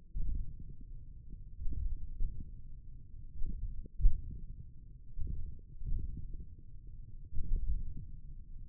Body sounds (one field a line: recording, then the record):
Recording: forearm muscle sounds (acoustic myography)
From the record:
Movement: hand closing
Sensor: system 1, eight BSWA MPA416 microphones around the upper forearm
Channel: 1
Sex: male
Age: 28 years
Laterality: right